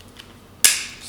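A plastic brush head is lined up and pushed onto the drive of a power scrubber. After a faint handling tick near 0.2 seconds and low background hiss, one loud, bright snap lands at 0.7 seconds and rings out briefly. The brush head is seated on the scrubber.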